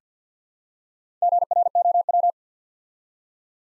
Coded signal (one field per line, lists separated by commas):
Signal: Morse code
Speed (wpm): 50 wpm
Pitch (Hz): 700 Hz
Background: none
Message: GROW